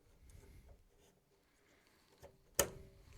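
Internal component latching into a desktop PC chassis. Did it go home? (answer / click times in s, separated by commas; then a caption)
yes / 2.6 s. During re-assembly of a vintage IBM PS/2 Model 50-021 desktop, an internal component is pushed home into the PC chassis to make sure it is fully in. Faint rustling and a soft tap lead up to a single loud, sharp click at 2.6 s. The component latches and is seated fully in position.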